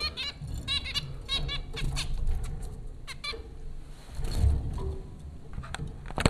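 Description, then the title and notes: Zebra finches calling in bursts of nasal, buzzy notes, dense at first then sparser, with low rumbling and bumping sounds underneath. Zebra finches at Popcorn School, Flatbush, Brooklyn, New York; recorded April 2009 by Dan Bodah. "Dronecast No. 030: The Popcorn Finches Four from Apr 15, 2009. Zebra finches recorded by Dan Bodah at Popcorn School, Flatbush, Brooklyn NY in April 2009"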